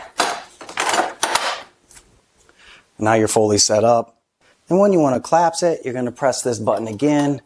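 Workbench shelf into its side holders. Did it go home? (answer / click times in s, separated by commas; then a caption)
yes / 1.2 s. The lower shelf of a Pony Jorgensen 60P workbench is pushed all the way in on the second side until it snaps into its side holders, with rustling and handling noise in the first second and a sharp snap at 1.2 s. The shelf is seated, and afterwards someone talks.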